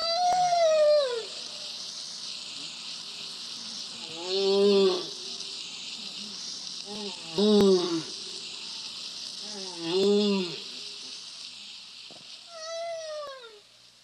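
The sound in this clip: Humpback whale song: moaning, arched and downswept tonal units in groups every few seconds, over a steady hiss.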